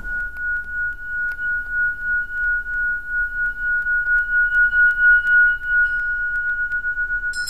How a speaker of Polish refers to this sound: Grałem na dzwonkach tybetańskich i robiłem to w taki sposób podobny do tego, jak niektórzy z nas bawią się kieliszkami